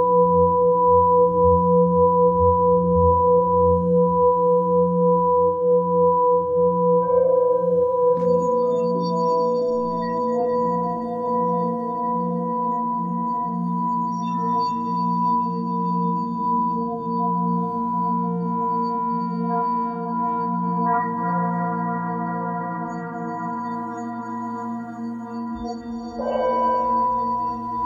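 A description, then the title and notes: Singing bowls ring in long, overlapping tones that hold steady at an even level. A low pulsing hum wavers beneath a bright sustained ring; fresh strikes near 8 and 21 seconds add higher shimmering overtones, and another bowl sounds near the end. Energy Balancing Singing Bowls. The resonant tones of the singing bowls create a meditative atmosphere.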